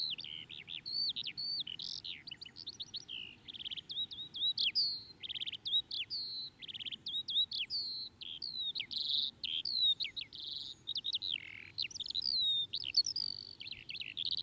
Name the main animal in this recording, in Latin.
Alauda arvensis